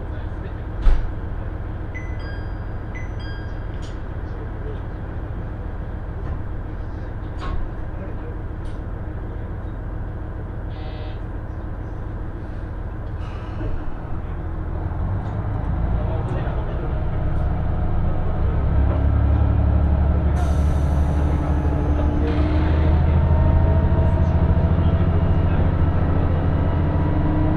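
A KiHa 110 series two-car diesel train rides between Morioka and Obuke, with a steady low rumble under faint voices and scattered clicks and knocks. After about fifteen seconds the engine drone swells and grows louder, with a brief high hiss around twenty seconds.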